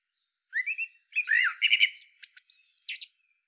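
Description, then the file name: Common blackbird song: a short phrase of smooth warbled whistles, then a burst of high, thin squeaks and twitters at the end. "Turdus merula"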